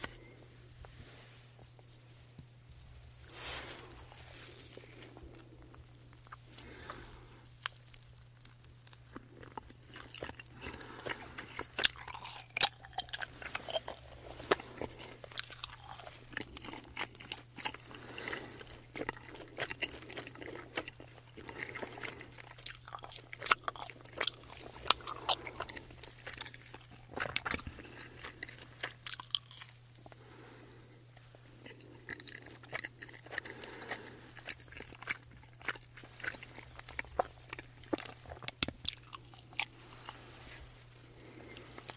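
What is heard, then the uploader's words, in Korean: Sticky chewing of chewy jelly with frequent soft squelches and bites over a steady low hum. 쫀득 쫀득 젤리 이팅 사운드.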